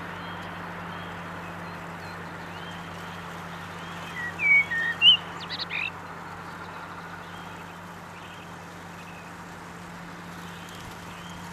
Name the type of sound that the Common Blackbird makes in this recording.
song